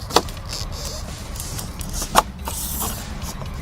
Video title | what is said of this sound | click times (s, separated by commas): Rapid Wall Installation Tutorial - (800) 325-0076 - How to Install Rapid Wall | inserting the panel into the ground channel you're going to hear it click it's going to help keep that panel inside that ground channel | 0.2 s, 2.2 s